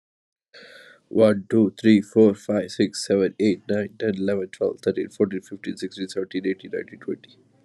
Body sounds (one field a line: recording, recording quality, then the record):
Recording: counting at a fast pace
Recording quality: excellent, no background noise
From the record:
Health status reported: exposed to COVID-19, no respiratory illness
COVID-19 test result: not tested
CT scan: not taken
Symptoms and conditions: cough, cold, breathing difficulty, sore throat, fever, fatigue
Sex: male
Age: 31 years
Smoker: no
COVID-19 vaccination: both doses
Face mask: not worn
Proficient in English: yes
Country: India